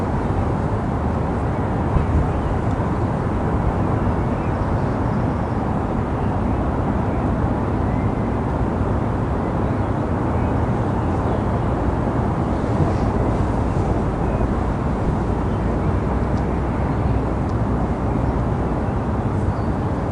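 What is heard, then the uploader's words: Rooftop sounds of London: a steady, dense city rumble heavy in the low end, with traffic blending into one continuous wash. Level barely shifts over the twenty seconds, and faint murmurs of voices or passing vehicles sit in the mix. Rooftop Sounds of London. The centre of London. You only hear the filtered sounds of a rooftop listening moment.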